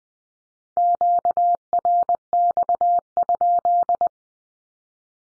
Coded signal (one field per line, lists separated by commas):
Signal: Morse code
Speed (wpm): 20 wpm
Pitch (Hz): 700 Hz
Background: none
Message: QRX?